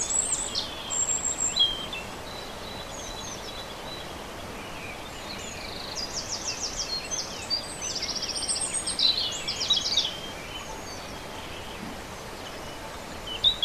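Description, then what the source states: European robin singing high, thin warbled phrases with quick trills and sweeping notes, given in short bursts separated by pauses, over steady background hiss. Recorded on 27 April 2011 with an MZ-N710 recorder.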